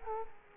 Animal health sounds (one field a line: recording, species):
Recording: mosquito wingbeat signal from an infrared sensor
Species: Culex quinquefasciatus